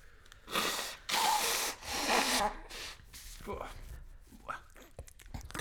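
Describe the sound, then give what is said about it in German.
Someone blows their nose in three loud, rough, breathy bursts over about two seconds, followed by softer snuffling and rustling noises. “Ich muss kurz meine Nase schneuzen.”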